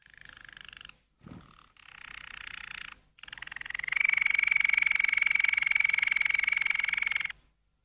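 Canary song: short buzzy trilled phrases broken by brief gaps, then a long, loud, rapid trill on one steady pitch lasting several seconds before it stops.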